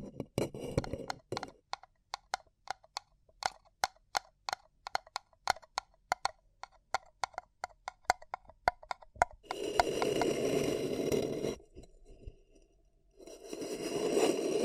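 Paper cup tingles: quick regular taps and crinkly clicks fill the first nine seconds, then two rough sustained scraping rubs with a short pause between.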